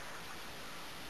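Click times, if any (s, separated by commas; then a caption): none. A Speck CandyShell hard plastic shell case with a silicone liner is handled onto an iPod Touch 4G media player, to be pushed on until it snaps in place. Only a steady, broadband hiss is heard across the 1.1 seconds, with no sharp hits. Nothing has seated or clicked yet.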